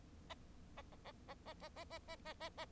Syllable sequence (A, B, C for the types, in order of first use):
A A A A A A A A A A A A